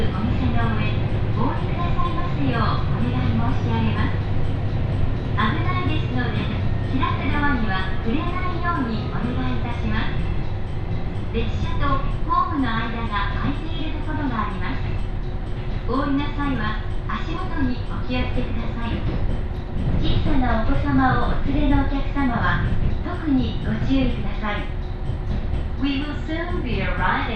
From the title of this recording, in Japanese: 井原鉄道 道上→神辺→備中呉妹